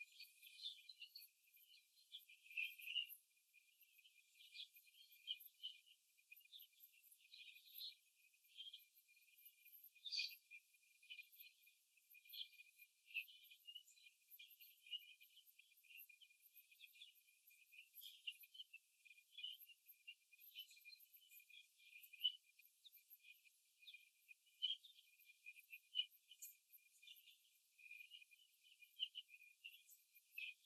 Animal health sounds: young laying hens in a cage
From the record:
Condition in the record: before the stressor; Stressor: simulated dog barking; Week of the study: 2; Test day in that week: 3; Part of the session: 1

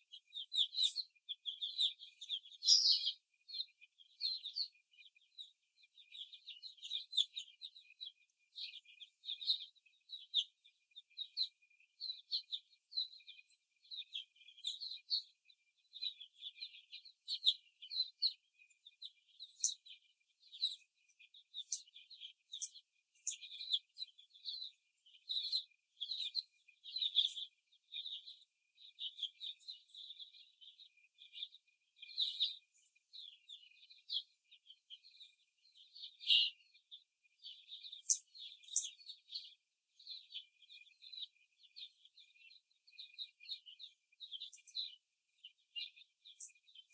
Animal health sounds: young laying hens in a cage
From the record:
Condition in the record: before the stressor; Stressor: simulated dog barking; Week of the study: 1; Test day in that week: 2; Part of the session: 2

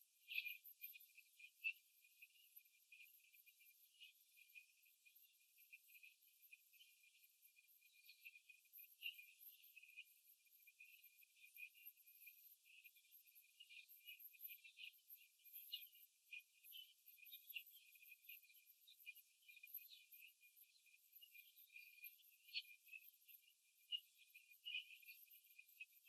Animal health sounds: young laying hens in a cage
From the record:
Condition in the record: after the stressor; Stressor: simulated dog barking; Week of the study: 3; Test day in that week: 2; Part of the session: 2

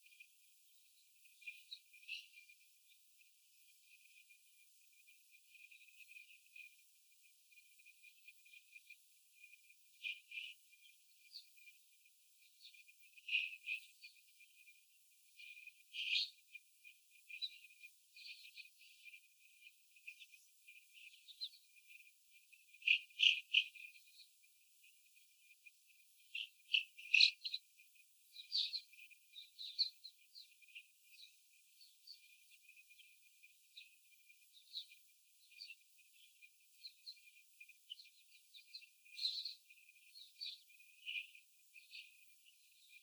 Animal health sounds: young laying hens in a cage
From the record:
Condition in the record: before the stressor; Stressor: sudden umbrella opening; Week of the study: 3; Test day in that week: 2

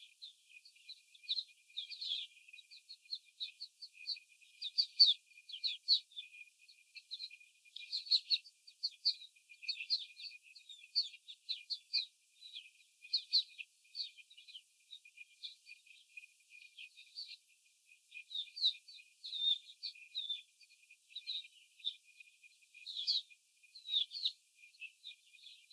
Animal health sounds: young laying hens in a cage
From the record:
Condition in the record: before the stressor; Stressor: simulated dog barking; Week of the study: 4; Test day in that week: 3

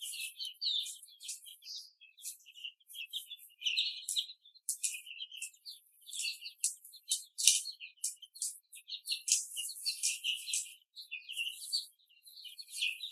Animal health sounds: young laying hens in a cage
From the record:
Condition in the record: before the stressor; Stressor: simulated dog barking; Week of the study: 3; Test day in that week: 1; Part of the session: 2

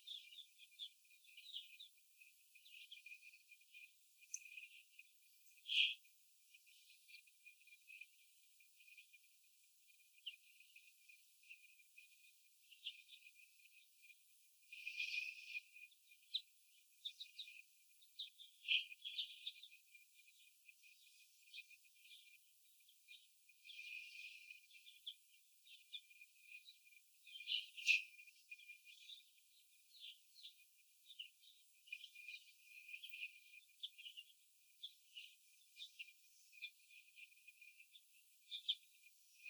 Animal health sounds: young laying hens in a cage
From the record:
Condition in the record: after the stressor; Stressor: sudden umbrella opening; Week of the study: 2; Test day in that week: 1

